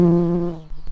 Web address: bumblebees Pratorum-queens